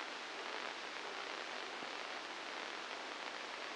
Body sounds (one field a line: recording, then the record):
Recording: brain microelectrode recording played as sound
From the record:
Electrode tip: inside the subthalamic nucleus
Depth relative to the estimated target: 0 mm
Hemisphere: right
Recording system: NeuroSet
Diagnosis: Parkinson's disease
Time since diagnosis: 9 years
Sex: female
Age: 51 years